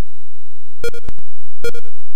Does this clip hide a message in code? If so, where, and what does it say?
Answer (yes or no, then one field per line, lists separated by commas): no